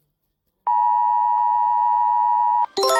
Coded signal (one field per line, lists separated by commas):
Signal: Emergency Alert System (SAME) tones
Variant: 853 and 960 Hz attention tone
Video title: Rating EAS in 15 Country!